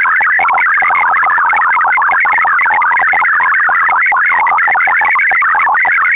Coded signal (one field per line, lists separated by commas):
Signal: multi-tone FSK (Olivia or MFSK type)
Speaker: je hebt om de dader te ontvangen in eerste instantie alleen fl digi nodig